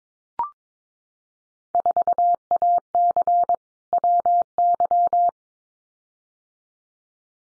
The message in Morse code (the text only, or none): 4AC WY